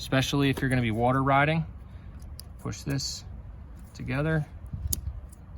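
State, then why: Seated. Someone talks while an O2 delete plug, coated with dielectric grease for water riding, is pushed into the 4-pin wiring harness connector on a Honda Foreman Rubicon 500 ATV. A sharp click is heard at 4.9 s as the connector seats.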